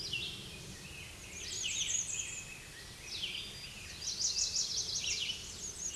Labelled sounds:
Red-eyed Vireo song
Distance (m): 15 m
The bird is about 5 m above the microphone
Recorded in a Pennsylvania forest on 16 May 2024 at 08:50
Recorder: AudioMoth, point MSD-2376
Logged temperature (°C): 16.7 °C
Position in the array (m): 142 m, 17 m

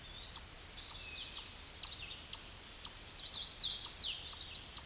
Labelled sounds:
Hooded Warbler song
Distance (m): 20 m
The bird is about 20 m above the microphone
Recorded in a Pennsylvania forest on 16 May 2024 at 08:22
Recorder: AudioMoth, point MSD-0814
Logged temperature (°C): 15.8 °C
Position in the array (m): 169 m, 106 m

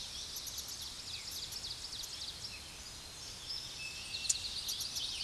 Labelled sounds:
Ovenbird song
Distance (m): 80 m
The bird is about 5 m above the microphone
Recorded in a Pennsylvania forest on 16 May 2024 at 06:06
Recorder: AudioMoth, point MSD-1893
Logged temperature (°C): 16.6 °C
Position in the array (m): 80 m, 21 m

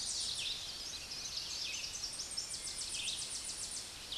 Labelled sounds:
Tennessee Warbler song
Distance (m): 25 m
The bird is about 5 m above the microphone
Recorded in a Pennsylvania forest on 16 May 2024 at 08:32
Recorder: AudioMoth, point MSD-2305
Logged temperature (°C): 16.9 °C
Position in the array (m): 69 m, 170 m

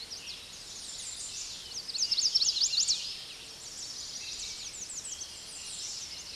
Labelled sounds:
American Redstart song
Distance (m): 75 m
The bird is about 20 m above the microphone
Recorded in a Pennsylvania forest on 16 May 2024 at 06:13
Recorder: AudioMoth, point MSD-2305
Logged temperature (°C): 16.9 °C
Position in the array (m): 116 m, 231 m

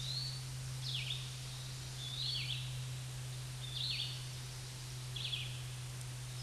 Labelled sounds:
Red-eyed Vireo song
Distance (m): 30 m
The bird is about 15 m above the microphone
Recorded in a Pennsylvania forest on 16 May 2024 at 07:56
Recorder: AudioMoth, point MSD-2146
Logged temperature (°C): 16.7 °C
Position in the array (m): 149 m, 27 m

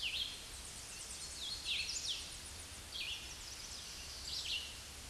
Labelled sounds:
Hooded Warbler song
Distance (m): 45 m
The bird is about 10 m above the microphone
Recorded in a Pennsylvania forest on 16 May 2024 at 08:17
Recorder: AudioMoth, point MSD-0079
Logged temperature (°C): 16.1 °C
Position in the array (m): 169 m, 121 m

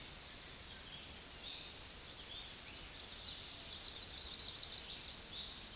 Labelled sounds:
Tennessee Warbler song
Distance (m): 35 m
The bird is about 15 m above the microphone
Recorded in a Pennsylvania forest on 16 May 2024 at 09:05
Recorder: AudioMoth, point MSD-1405
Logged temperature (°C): 15.6 °C
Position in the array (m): 180 m, 213 m

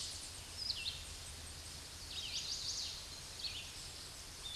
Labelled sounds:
Red-eyed Vireo song
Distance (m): 45 m
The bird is about 30 m above the microphone
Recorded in a Pennsylvania forest on 16 May 2024 at 08:22
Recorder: AudioMoth, point MSD-2208
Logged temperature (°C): 15.2 °C
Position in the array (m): 178 m, 73 m

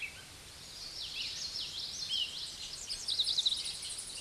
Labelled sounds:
Common Yellowthroat song
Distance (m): 25 m
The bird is about level with the microphone
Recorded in a Pennsylvania forest on 16 May 2024 at 06:34
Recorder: AudioMoth, point MSD-1418
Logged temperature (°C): 16.4 °C
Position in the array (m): 235 m, 175 m

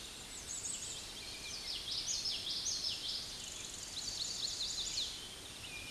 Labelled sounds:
Common Yellowthroat song
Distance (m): 35 m
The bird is about 15 m above the microphone
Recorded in a Pennsylvania forest on 16 May 2024 at 06:41
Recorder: AudioMoth, point MSD-2453
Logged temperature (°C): 16.3 °C
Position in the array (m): 239 m, 174 m

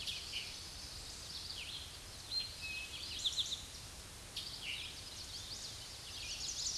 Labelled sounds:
Eastern Towhee song
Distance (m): 20 m
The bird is about 10 m above the microphone
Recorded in a Pennsylvania forest on 16 May 2024 at 06:49
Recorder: AudioMoth, point MSD-2208
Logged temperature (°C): 15.2 °C
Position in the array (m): 159 m, 98 m

